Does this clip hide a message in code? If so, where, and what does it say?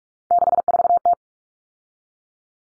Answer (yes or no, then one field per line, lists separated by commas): yes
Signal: Morse code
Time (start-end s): 0.3-1.1 s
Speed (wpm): 44 wpm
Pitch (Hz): 700 Hz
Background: none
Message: 64T